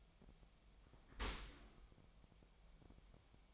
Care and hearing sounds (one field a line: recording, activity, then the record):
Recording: daily activity, microphone in the room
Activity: open dishwasher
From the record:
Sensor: 1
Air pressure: 1006.7 hPa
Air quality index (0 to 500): 208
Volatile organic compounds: 24 ppm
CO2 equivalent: 2809 ppm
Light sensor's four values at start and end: 12/30/12/13 and 12/31/12/13